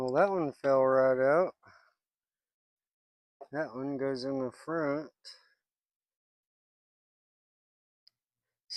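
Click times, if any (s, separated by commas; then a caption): 8.1 s. A bearing is pressed into the front of a plastic RC car gearbox case. Someone talks for the first few seconds, then after a quiet stretch a short, faint click at 8.1 s marks the bearing snapping into the case, seated.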